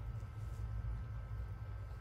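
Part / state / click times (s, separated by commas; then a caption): USB cable adapter into its connector / not seated / none. A USB adapter on a cable is lined up and turned to find its orientation before being pushed into its connector, as part of connecting an old Canon T3 DSLR for a photo booth. Only a steady low rumble with a faint constant hum is heard, with no sharp sounds. Nothing has seated or clicked yet.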